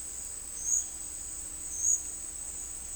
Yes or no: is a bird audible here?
no